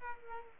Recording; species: mosquito wingbeat signal from an infrared sensor; Culex pipiens